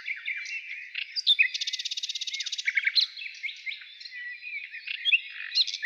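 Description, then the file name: Nightingale singing: a rapid rattling burst of identical notes between one and three seconds, framed by sliding whistles and chirps. Heard in the morning. "Utro i solovey"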